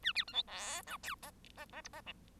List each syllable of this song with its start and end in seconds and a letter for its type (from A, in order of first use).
0.03-0.12 A, 0.15-0.24 B, 0.27-0.33 C, 0.33-0.42 D, 0.47-0.82 E, 0.86-0.97 F, 1.03-1.15 G, 1.22-1.31 H, 1.57-1.65 H, 1.72-1.81 H, 1.84-1.88 I, 1.93-2.01 H, 2.06-2.12 J